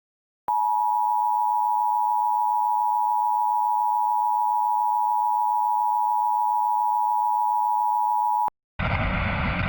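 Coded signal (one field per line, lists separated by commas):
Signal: Emergency Alert System (SAME) tones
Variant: 853 and 960 Hz attention tone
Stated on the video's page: Simulated Required Weekly Test with deliberately slightly distorted audio imitating real alerts.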